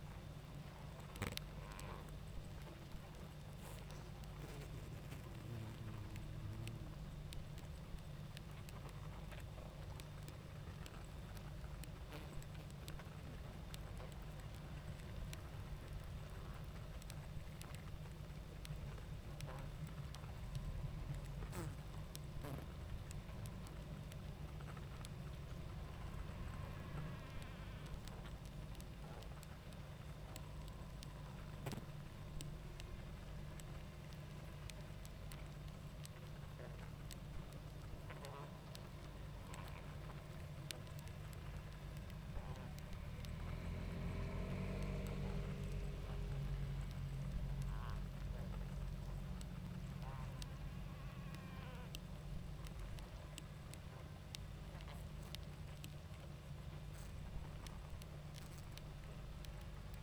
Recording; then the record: honeybee colony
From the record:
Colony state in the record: active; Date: 28 July 2017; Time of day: 20:40